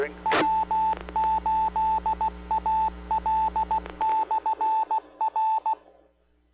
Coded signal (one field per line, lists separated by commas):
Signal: Morse code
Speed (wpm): 16 wpm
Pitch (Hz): 880 Hz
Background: speech, radio noise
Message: W8AL/R